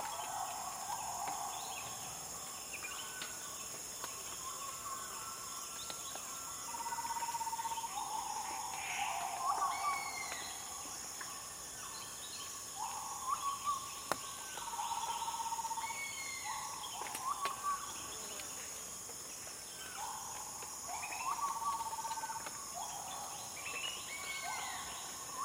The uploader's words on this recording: In The Jungles Of Borneo. One of my favourite soundscapes to listen to and record is that of rainforest hills. The complex layers of calls as the day progresses.